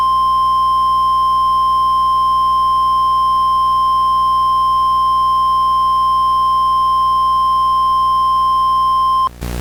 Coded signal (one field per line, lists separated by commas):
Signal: Emergency Alert System (SAME) tones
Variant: 1050 Hz attention tone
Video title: EAS Scenario: Principal Goes Crazy